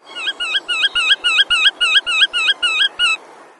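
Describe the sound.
Black-tailed godwit calling, a rapid, even series of about eleven loud, twisting notes over about three seconds, with a few faint low knocks beneath.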